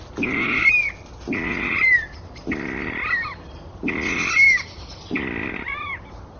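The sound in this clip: Water rail squeals, five harsh screeching bursts, each ending in a thin whine.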